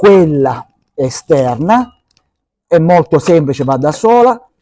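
The outer brake pad, a metal-backed friction pad, is being slid into its caliper housing on a Goldwing motorcycle while someone talks throughout. The clip ends just before the pad goes home, so nothing has seated or clicked yet.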